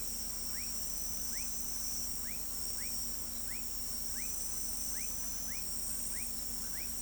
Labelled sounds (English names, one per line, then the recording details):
none
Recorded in pastures near Pivijay, Magdalena, Colombia, on 5 June 2023 at 23:30
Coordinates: 10.456, -74.369
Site P6-G026